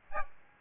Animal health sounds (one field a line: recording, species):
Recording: mosquito wingbeat signal from an infrared sensor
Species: Aedes albopictus